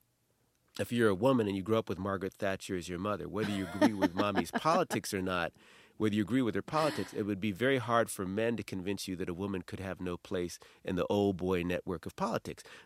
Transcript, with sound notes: if you're a woman and you grow up with Margaret Thatcher as your mother.
(Laughter).
Whether you agree with mommy's politics or not - whether you agree with her politics, it would be very hard for men to convince you that a woman could have no place in the old-boy network of politics.